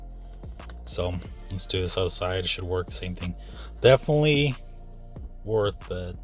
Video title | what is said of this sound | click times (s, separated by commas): Complete steering wheel buttons replace guide on 03-07 GM Vehicle NEW VIDEO! | and then pushed in the button and then you can hear it snap in there clicks | 0.6 s, 0.7 s